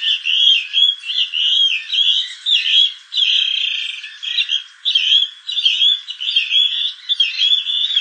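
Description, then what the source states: Plumbeous rail giving harsh, raspy, buzzing calls in an almost continuous, uneven run of short bursts. Juvenile calling to an adult.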